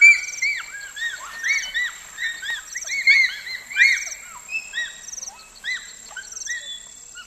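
Bonobo calls, several high-pitched arched yelps in quick overlapping bursts, fading toward the end, with a constant shrill insect drone and periodic insect chirps behind.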